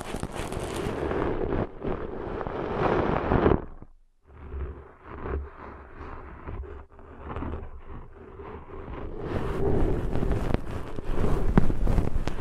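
Ear cleaning sounds, dense rubbing and scratching that crackle across the range with a steady low rumble beneath. Near four seconds the noise drops out almost completely, then softer scraping returns and builds, growing louder and brighter again from about nine seconds on.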